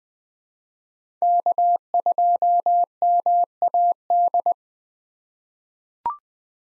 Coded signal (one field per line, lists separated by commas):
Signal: Morse code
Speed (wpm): 20 wpm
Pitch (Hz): 700 Hz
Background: none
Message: K2MAD